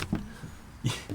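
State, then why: Not seated. An overloaded detachable box magazine, holding a fourth round that cannot fit, is pushed into the magazine well of a Ruger American Gen II hunting rifle. Only faint, dull knocks are heard, the first near 0.1 s and more around 0.9 s and 1.1 s. The magazine does not lock in position, and nothing has seated or clicked yet.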